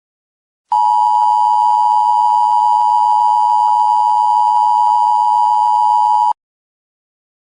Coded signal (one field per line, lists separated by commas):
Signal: Emergency Alert System (SAME) tones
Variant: 853 and 960 Hz attention tone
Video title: Analog Horror EAS Broadcast "The Mist Crawler" (REPOSTED) Read description